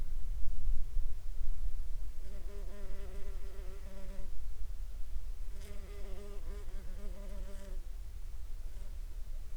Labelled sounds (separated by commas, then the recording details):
water, insects
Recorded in the Prudhoe Bay oil fields, Alaska, on 14 July 2019 at 21:30
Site 21